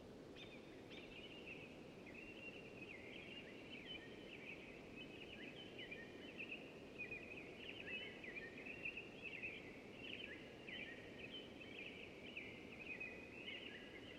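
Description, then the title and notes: American Robin song: a continuous stream of whistled, caroling phrases over low rustling forest noise. Several singing robins in a spring dawn chorus, temperate deciduous forest, Pacific Northwest, Washington, United States; stereo downmix from quad recording. "Dawn chorus in a temperate deciduous forest, from quiet air broken by awakening American Robins. Spring season. Recorded in the beautiful Pacific Northwest in Washington, United States"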